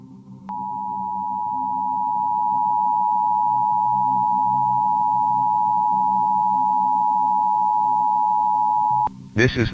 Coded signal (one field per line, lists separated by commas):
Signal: Emergency Alert System (SAME) tones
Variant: 853 and 960 Hz attention tone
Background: speech